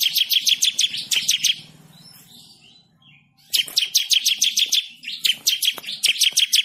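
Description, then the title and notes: Bird song: rapid series of sharp, high chirps, a quiet stretch of about two seconds, then the fast chirping resumes. Bird ringtone with a melodious voice. "Burung Dengan Suara Merdu"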